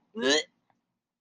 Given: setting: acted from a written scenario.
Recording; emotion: vocal sound without words; disgust